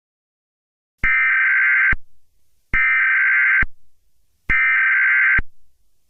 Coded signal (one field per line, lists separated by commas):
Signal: Emergency Alert System (SAME) tones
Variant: header bursts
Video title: The EAS Scenario: The Darkness Invasion of San Andreas